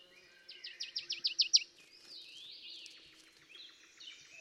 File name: Poecile palustris